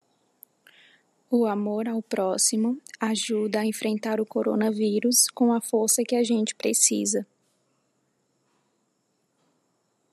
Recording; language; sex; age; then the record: spoken sentence; Brazilian Portuguese; female; 20 to 29 years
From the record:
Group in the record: control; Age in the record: 22 years